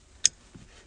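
Two plastic plug connectors of a remote-start adapter harness for a 2016–2018 US-market Ford Fusion are pushed together, the adapter plug into the mating vehicle wiring connector, carefully and all the way so they latch; otherwise a weak contact would leave the system not working. A sharp, bright click is heard at 0.3 s, followed by a faint low bump around 0.55 s. The connectors are latched and fully seated.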